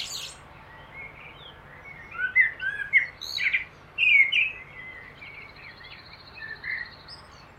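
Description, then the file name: Common blackbird giving softer warbled, fluty notes in a loose run midway, with a thin high note at the start and a steady low hum throughout. "Turdus merula"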